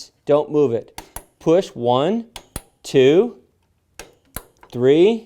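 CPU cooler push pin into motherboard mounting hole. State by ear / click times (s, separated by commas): seated / 4.4 s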